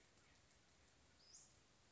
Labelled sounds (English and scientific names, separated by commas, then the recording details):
Western Flycatcher (Empidonax difficilis)
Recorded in Sonoma County, California